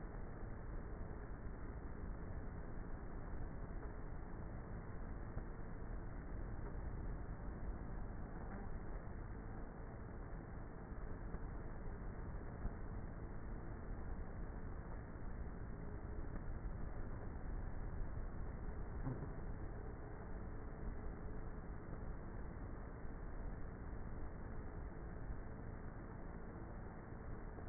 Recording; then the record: honeybee colony, microphone inside the hive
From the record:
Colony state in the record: queenless with a low population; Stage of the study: before two queens were removed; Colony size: about 30,000 bees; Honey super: no